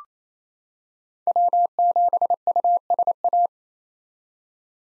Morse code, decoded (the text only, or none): W7USA